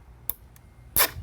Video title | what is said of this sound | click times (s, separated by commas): No Drill License Plate for a Mercedes Benz C300 | and you'll hear it click all the way down and what you're doing is you're just pulling it tight enough | 0.3 s, 1.0 s